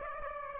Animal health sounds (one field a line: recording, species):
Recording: mosquito wingbeat signal from an infrared sensor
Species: Aedes aegypti